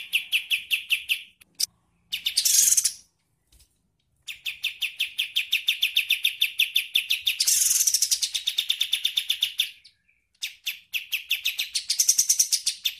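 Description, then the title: Bird song: rapid pulsed trills with brief harsh, buzzy bursts between them, repeated in long runs with short gaps. "Masteran burung"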